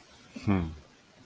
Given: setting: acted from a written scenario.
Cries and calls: vocal sound without words; serenity

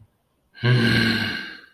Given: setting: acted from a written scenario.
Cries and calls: vocal sound without words; anger

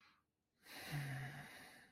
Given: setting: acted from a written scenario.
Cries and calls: vocal sound without words; serenity

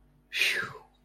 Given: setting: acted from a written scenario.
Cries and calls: vocal sound without words; relief

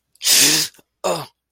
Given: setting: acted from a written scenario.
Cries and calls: vocal sound without words; pain

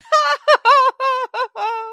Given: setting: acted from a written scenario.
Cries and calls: vocal sound without words; triumph

